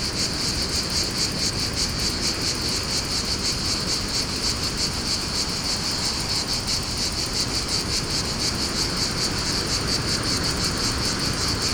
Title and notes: Fontvieille, France - Mistral et cigales. Le Mistral dans la pinède les cigales et insectes au sol , quelques bruits de circulation